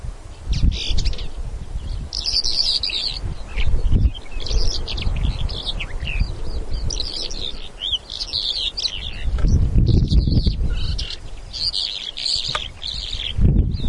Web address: two spotted lark call